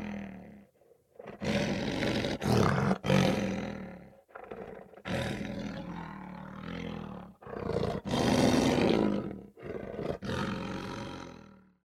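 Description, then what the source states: Lion with a run of throaty, rasping roars that swell and fade in uneven bursts, separated by short pauses and occasional sharp clicks. Soft roar.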